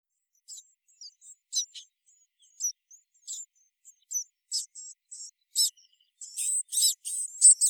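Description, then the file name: Marsh tit calls: scattered high, sharp chips at first, then a dense burst of louder buzzy, chattering notes at the end. "Poecile palustris"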